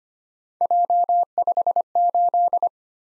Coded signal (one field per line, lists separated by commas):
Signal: Morse code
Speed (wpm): 25 wpm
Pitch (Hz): 700 Hz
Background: none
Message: J58